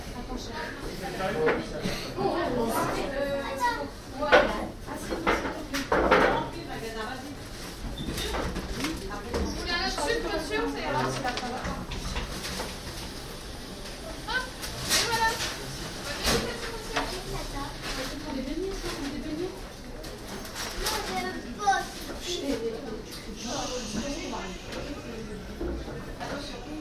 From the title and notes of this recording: Interieur of 'Paul' Rue des Manneliers, Lille. Ended up in a bakery for a 'chausson au pomme' and a coffee.